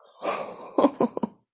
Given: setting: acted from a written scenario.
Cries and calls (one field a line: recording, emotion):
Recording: vocal sound without words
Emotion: relief